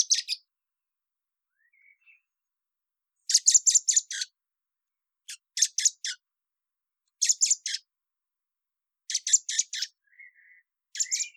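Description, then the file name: Common blackbird uttering rapid bursts of harsh, rattling notes in groups of three to six, with brief faint chirps in the gaps. "Turdus merula"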